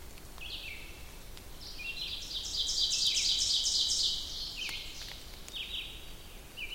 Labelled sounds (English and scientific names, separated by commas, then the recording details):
Ovenbird (Seiurus aurocapilla) song
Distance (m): 25 m
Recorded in boreal forest in Alberta, Canada, on 2 June 2016 at 07:56
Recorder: SongMeter 3, array SBT-3-7
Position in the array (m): 37 m, 153 m
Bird 4